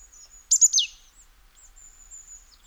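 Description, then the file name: Marsh tit call: a quick burst of three sharp, high notes, the last slurring steeply downward, then near silence. "Poecile palustris"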